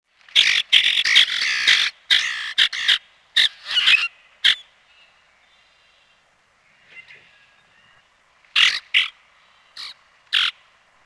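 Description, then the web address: Common grackle giving harsh, raspy chack notes in clustered bursts, a quiet gap, then a few more scattered harsh calls. "Peterson North American Birds iso sound cogr"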